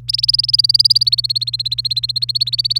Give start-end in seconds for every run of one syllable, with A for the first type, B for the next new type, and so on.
0.09-2.80 A